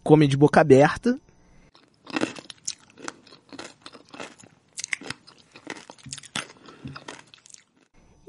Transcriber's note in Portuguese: áudio de mulher comendo picles de boca aberta